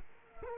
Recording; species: mosquito wingbeat signal from an infrared sensor; Culex quinquefasciatus